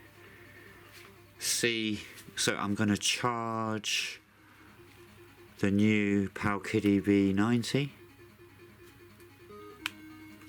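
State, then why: Seated. Someone talks as a USB-C charging cable plug is pushed into the charging port of a Powkiddy V90 handheld game console to charge it. A single sharp click at 9.9 s confirms the plug has seated in the port.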